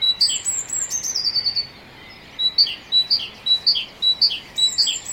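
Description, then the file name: Great tit giving paired notes, high then lower, about two per second in a steady series after a short pause, with faint high whistled notes above. "Parus major"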